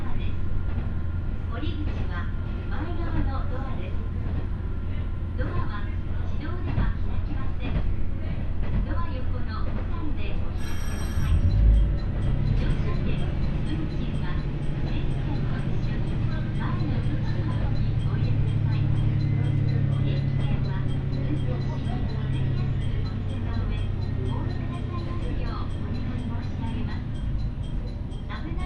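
A ride on the Ibara Railway between Bitchu-Kuresei and Soun-no-sato Ebara, with a steady low rumble of the train throughout and voices speaking over it. Around eleven seconds a short high chime and a thump sound, after which a deeper engine drone swells and holds.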